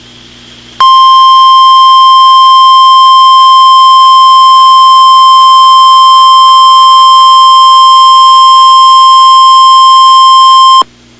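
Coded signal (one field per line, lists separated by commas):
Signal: Emergency Alert System (SAME) tones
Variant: 1050 Hz attention tone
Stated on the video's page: Mock blizzard EAS scenario based on a real event: blizzard watch, blizzard warning, civil emergency message and civil danger warning alerts.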